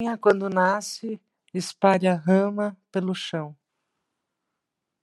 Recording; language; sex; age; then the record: short text; Brazilian Portuguese; female; 50 to 59 years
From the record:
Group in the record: control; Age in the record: 58 years